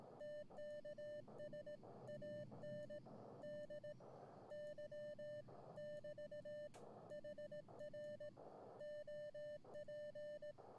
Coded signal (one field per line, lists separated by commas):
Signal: Morse code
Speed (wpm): 18 wpm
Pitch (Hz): 600 Hz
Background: none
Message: TKS ANDY <BT> HR OP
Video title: Radio Prepper Livestream on July 7th 2004.